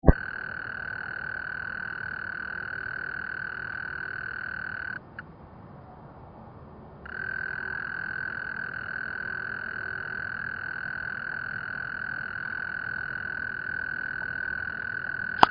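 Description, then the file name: European mole cricket song, a steady unbroken low churring trill that stops for about two seconds near the middle, then resumes just as evenly until the end. Recorded on 27 May 2005. "Veenmol Molsbroek"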